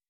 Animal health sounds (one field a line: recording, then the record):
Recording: hydrophone in a shrimp aquaculture tank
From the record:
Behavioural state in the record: weakened